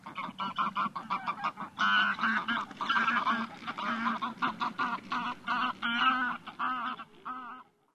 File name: anser anser